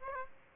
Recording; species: mosquito wingbeat signal from an infrared sensor; Aedes aegypti